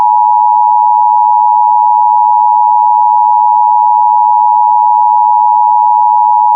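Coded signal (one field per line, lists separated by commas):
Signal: Emergency Alert System (SAME) tones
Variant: 853 and 960 Hz attention tone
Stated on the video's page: Fictional mock tornado emergency using valid EAS tones, not a real alert.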